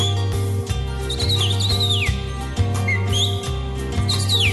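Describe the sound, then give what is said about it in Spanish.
A cardinal sings clear, whistled notes with slurred downward sweeps, repeated several times over a steady musical backing with a pulsing bass beat, in a recording from Argentine radio station LT38. “Canta el cardenal.”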